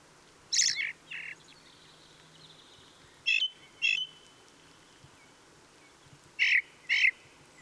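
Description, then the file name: Ring ouzel song phrases of paired piping notes, repeated in short bursts separated by pauses, with faint background birdsong. Song recorded 26 April 2014. "Ringdrossel. Michle Pron"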